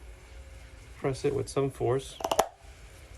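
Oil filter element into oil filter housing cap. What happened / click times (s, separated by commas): The filter element snapped fully onto its plastic holder / 2.4 s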